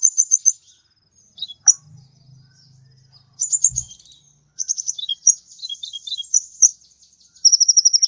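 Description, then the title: Birds sing high, rapid chattering trills and buzzy runs in several bursts, with a low hum in the background for a few seconds early on. "Burung Campur4"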